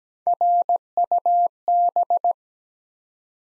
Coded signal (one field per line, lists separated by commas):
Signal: Morse code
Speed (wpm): 17 wpm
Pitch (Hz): 700 Hz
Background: none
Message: RUB